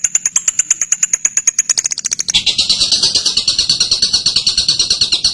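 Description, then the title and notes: Bird singing quick high notes; a thin piercing series shifts partway through into a fuller, lower, buzzier repeated note. Masteran training material for birds to learn calls. "MASTERAN BURUNG. suarane manok"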